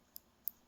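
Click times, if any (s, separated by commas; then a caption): 0.2 s, 0.5 s. A microSD card is pushed into the card slot of an Insta360 X3 360 action camera until its spring latch catches. Two short, sharp, high-pitched clicks sound at 0.2 s and 0.5 s, the second louder, against a quiet background. The card is seated.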